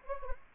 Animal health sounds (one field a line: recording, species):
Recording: mosquito wingbeat signal from an infrared sensor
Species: Anopheles gambiae